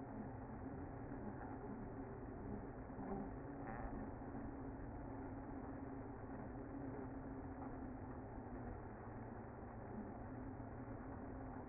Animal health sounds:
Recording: honeybee colony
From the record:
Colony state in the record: active

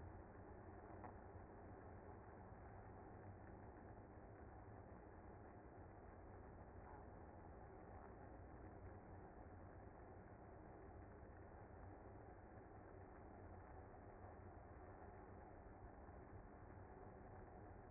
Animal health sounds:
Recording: honeybee colony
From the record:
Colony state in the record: active

